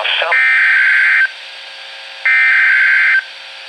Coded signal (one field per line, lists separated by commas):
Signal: Emergency Alert System (SAME) tones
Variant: header bursts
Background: speech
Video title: Tornado Warning (EAS #2,064) - April 30, 2019